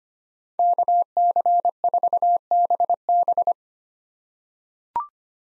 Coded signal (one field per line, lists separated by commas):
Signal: Morse code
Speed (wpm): 25 wpm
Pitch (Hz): 700 Hz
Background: none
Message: KC4BB